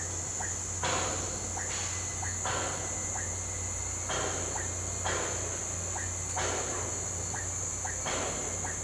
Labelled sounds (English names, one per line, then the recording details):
none
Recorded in pastures near Puerto Asís, Putumayo, Colombia, on 8 March 2025 at 09:30
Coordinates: 0.466, -76.322
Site CSA-02